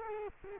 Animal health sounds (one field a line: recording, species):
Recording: mosquito wingbeat signal from an infrared sensor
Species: Culex quinquefasciatus